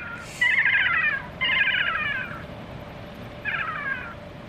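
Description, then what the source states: Kea calls: three harsh, wavering, downslurred screeches, the first two close together and the third after a pause. Wild kea flying in after playback of kea calls, during banding work at Arthur's Pass village on a sunny, warm day.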